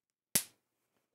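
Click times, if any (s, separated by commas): 0.4 s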